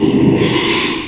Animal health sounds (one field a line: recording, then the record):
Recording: squeal of a Yucatan mini pig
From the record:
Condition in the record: after surgery on the right vocal fold (resection and tissue-engineered implant)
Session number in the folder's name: 1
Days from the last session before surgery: 6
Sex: male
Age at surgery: 12 weeks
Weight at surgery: 13 kg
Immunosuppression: cyclosporine, prednisolone